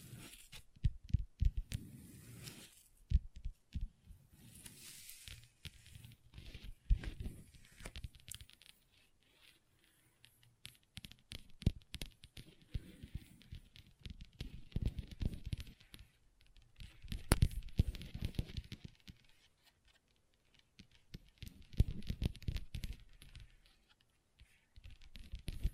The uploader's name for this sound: ASMR Table Tapping & Scratching with Long Nails (No Talking)